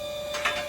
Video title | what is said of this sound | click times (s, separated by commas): Dangerous RV Sway ELIMINATED: Henderson's Does It Right | And those little clicky noises are safeties that are engaging as it's going up. | 0.5 s